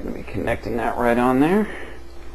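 Someone talks while the second plastic leg of a Marvel Iron Man 3 Sonic Blasting action figure is handled and lined up to be pushed onto its hip connector. No snap is heard, and the leg has not yet seated or clicked into the hip.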